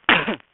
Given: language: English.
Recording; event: throat vibration sensor signal played as sound; cough